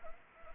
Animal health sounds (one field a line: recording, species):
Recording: mosquito wingbeat signal from an infrared sensor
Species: Anopheles arabiensis